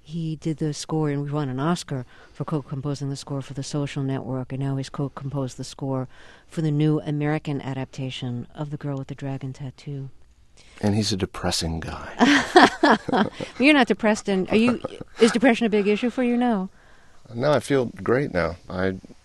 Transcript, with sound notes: He did the score and he won an Oscar for co-composing the score for "The Social Network," and now he's co-composed for the new American adaptation of "The Girl with the Dragon Tattoo."
And he's a depressing guy.
(SOUNDBITE OF LAUGHTER)
You're not depressed - is depression a big issue for you now?
No, I feel great now.